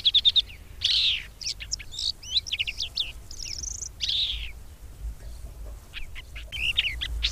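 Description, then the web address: Red-backed shrike song: a varied chattering warble mixing thin whistles, scratchy trills and squeaky slurred notes, pausing briefly midway before resuming. "agykontroll Madardalok Cd 2. Tövisszúró gébics"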